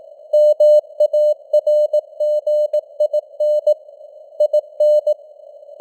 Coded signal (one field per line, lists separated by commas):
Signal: Morse code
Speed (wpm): 18 wpm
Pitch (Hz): 600 Hz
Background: none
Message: MARGIN IN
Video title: Morse Code News | 2025-11-01 | 18wpm